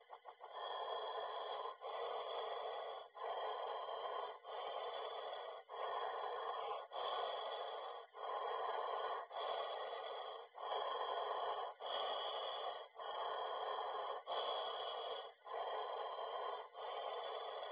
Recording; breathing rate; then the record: paced breathing near a phone; 24 breaths a minute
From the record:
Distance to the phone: 20 cm